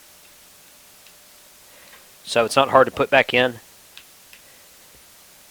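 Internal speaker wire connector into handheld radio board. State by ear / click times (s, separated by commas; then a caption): seated / 4.0 s, 4.3 s. The small internal speaker-wire connector of a TYT MD-2017 handheld radio is pressed back into its socket on the radio board. Someone talks, and then two short ticks are heard at 4.0 s and 4.3 s as the connector snaps into place, seated.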